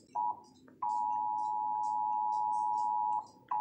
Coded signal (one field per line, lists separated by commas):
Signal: Emergency Alert System (SAME) tones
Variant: 853 and 960 Hz attention tone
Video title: KPXD: EAS #38 (VERY GLITCHY AND MAYBE TECHNICAL DIFFICULTY)